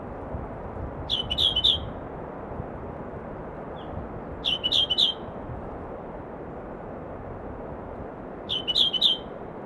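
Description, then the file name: Firethroat song, three short clusters of a few high clipped notes over constant low background noise. "firethroat Calliope-pectardens"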